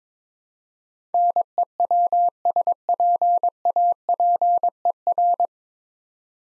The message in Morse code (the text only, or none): NEWSPAPER